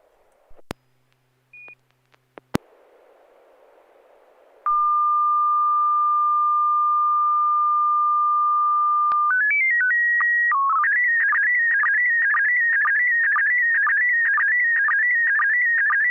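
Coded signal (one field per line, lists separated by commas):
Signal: SSTV (slow-scan television)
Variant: PD120 mode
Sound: hum and clicks, a long steady tone, short stepped header tones, then warbling scan with rhythmic blips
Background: radio static, low hum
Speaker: Okay, I have a picture. This is going to be PD120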